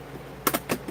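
A snap-fit piece is pressed into its slot in an enclosure kit frame and seats with a loud, sharp, broadband snap at 0.5 s, followed by a softer second click at 0.7 s. The piece snaps into place and is seated.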